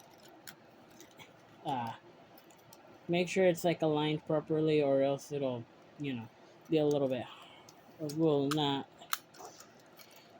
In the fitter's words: go into place so yeah once you hear a click it's been done